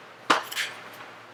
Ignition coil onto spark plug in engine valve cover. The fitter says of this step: It will sound audibly sometimes and they snap on to the plug like